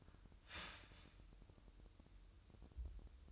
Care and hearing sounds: daily activity, microphone in the room; start toaster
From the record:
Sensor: 2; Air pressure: 988.4 hPa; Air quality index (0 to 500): 191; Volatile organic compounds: 184 ppm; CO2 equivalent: 4158 ppm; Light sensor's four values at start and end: 20/68/27/25 and 20/68/27/25

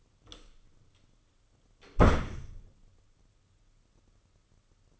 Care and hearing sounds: daily activity, microphone in the room; close door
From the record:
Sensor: 4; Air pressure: 995.2 hPa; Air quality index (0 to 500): 185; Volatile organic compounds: 100 ppm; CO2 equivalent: 3752 ppm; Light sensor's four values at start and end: 20/52/19/23 and 5/11/4/5

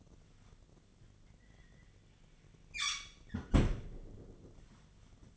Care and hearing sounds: daily activity, microphone in the room; close fridge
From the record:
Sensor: 4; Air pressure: 1010.5 hPa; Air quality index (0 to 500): 176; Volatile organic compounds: 5 ppm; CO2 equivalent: 1790 ppm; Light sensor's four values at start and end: 28/84/33/34 and 34/100/39/40

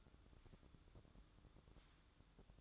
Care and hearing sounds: daily activity, microphone in the room; take from stove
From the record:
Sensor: 3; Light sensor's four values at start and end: 9/21/8/8 and 9/21/9/8

